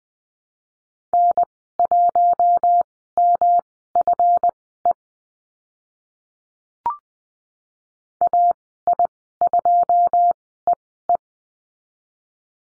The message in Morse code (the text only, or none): N1MFE AI2EE